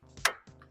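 A 50 inch-pound torque wrench tightens a terminal screw on a NEMA 14-50 outlet again after the stranded wire is wiggled. Over a low steady hum, the wrench gives a sharp click at 0.2 s, and a faint tick follows near the end. The wrench has reached its setting and the screw is torqued.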